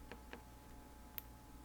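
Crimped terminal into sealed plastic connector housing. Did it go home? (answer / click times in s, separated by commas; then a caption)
yes / 1.2 s. A crimped terminal is pushed through the seal into the outer cavity of a weatherproof plastic connector housing. Two softer ticks at 0.1 and 0.3 seconds are followed by a sharp, bright click at 1.2 seconds as the terminal seats. The result is a strong, confirmed connection.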